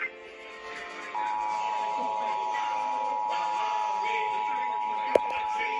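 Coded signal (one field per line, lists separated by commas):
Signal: Emergency Alert System (SAME) tones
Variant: 853 and 960 Hz attention tone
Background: speech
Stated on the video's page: Georgia Required Monthly Tests received in November.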